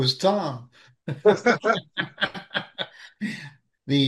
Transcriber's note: laughs